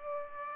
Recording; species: mosquito wingbeat signal from an infrared sensor; Aedes aegypti